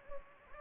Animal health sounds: mosquito wingbeat signal from an infrared sensor; Anopheles gambiae

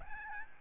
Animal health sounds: mosquito wingbeat signal from an infrared sensor; Aedes albopictus

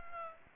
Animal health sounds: mosquito wingbeat signal from an infrared sensor; Aedes aegypti

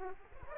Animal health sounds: mosquito wingbeat signal from an infrared sensor; Aedes aegypti

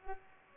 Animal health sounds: mosquito wingbeat signal from an infrared sensor; Culex pipiens

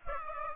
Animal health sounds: mosquito wingbeat signal from an infrared sensor; Aedes aegypti

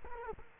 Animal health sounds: mosquito wingbeat signal from an infrared sensor; Culex quinquefasciatus

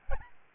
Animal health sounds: mosquito wingbeat signal from an infrared sensor; Aedes albopictus

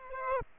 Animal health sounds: mosquito wingbeat signal from an infrared sensor; Aedes aegypti

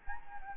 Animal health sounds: mosquito wingbeat signal from an infrared sensor; Anopheles gambiae

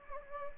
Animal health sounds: mosquito wingbeat signal from an infrared sensor; Anopheles gambiae

